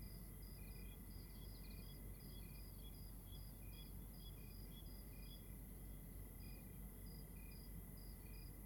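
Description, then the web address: Crickets chirping in quick short bursts, a higher and a lower caller overlapping, over a steady high drone and a constant low rumble. Outdoor night ambience in Rwanda with crickets. "Monte Sound - Atmospheres of Rwanda AMB External Rwanda Night Crickets"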